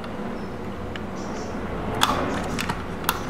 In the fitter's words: like that and plug it in see it clicks into place